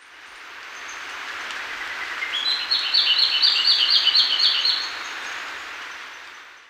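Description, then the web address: Sepia-brown Wren song: a fast, rising run of bright, chattering notes that swells for about two seconds and then stops, over a steady hiss of background noise. Ecuador. "Natures Songs S America Birds of Ecuador Sepia-brown Wren"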